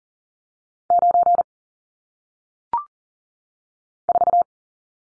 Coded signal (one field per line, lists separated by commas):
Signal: Morse code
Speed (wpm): 42 wpm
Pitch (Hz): 700 Hz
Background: none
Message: 9 4